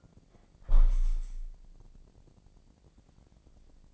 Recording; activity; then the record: daily activity, microphone in the room; close window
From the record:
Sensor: 5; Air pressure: 1012.4 hPa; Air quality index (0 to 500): 158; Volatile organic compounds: 2 ppm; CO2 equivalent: 1072 ppm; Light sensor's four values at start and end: 111/267/113/125 and 111/267/113/125